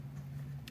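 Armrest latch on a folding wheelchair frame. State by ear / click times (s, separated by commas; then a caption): seated / 0.7 s. An armrest is lowered on a 2021 Electra7 motorized folding power wheelchair, and its side latch on the frame locks very firmly into place with a sharp click at 0.7 s. Before the click, a steady low hum runs through the clip. The latch is seated.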